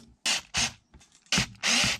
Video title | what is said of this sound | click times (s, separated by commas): Losi DB Pro Differentials Inspection / Repaired? Part 1 | seems like that stripped out awesome | 1.3 s